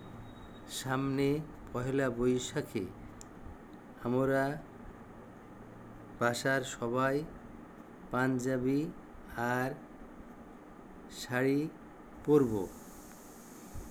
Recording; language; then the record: elicited speech; Bengali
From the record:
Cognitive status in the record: dementia